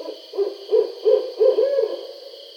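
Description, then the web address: Barred owl hooting, a series of low rounded hoots with a drawn-out final note; steady faint hiss in the background. Recorded 20 July 2012. "Barred Owl 2012 07 20 Barred Owl 01"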